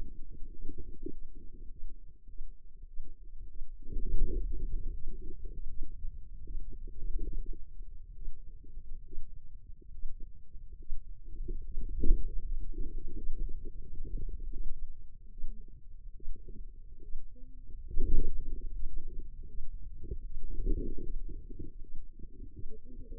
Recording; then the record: forearm muscle sounds (acoustic myography)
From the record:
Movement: hand opening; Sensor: system 2, bracelet of six BSWA MPA416 microphones around the upper forearm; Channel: 2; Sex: female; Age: 25 years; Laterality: right